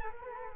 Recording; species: mosquito wingbeat signal from an infrared sensor; Culex quinquefasciatus